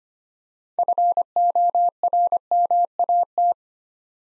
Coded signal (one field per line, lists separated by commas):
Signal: Morse code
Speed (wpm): 25 wpm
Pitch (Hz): 700 Hz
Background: none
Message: FORMAT